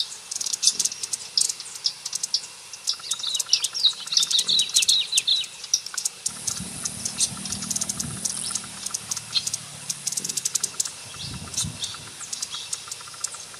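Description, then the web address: Black-crested coquette calls: high, thin twittering chips and dry ticks, densest in the first eight seconds, then sparser, with a low rumble entering after six seconds. "sound Black-crested-coquette. صدای-پرنده-لوند-کاکل-سیاه"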